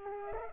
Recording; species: mosquito wingbeat signal from an infrared sensor; Culex pipiens